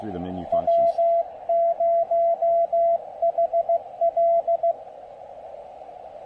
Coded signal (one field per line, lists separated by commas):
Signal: Morse code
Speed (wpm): 15 wpm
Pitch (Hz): 680 Hz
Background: speech, radio noise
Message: W0HL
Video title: POTA with 3 Watts! Pairing the MTR-3B, EFHW, and a new speaker at PIsgah National Forest.